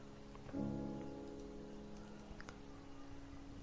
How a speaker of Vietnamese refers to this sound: Bên ngoài cửa sổ, từng giọt mưa vốn tí tách rơi đã nhanh chóng chuyển thành nặng hạt, xem ra không cách nào tạnh trắng trong lát.